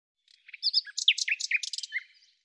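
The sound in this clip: Bird giving a single fast jumbled phrase of chirps, twittering notes and short slurred whistles.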